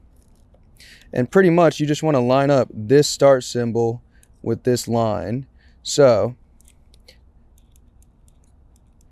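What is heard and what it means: Someone talks while winding roll film on the film insert of a Mamiya 645 Pro medium format camera, lining up the start symbol with the index line before the insert is pushed into the film back. Only small winding and handling ticks are heard, faint at the start and slightly louder after the talking ends, from about 6.6 s to 7.8 s. Nothing has seated or clicked yet.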